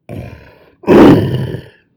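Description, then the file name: Lion roar: a short, low grunting rumble, then a louder, harsher guttural burst of about one second that fades out. "Poujade Eva 2020 2021 Roaroflion"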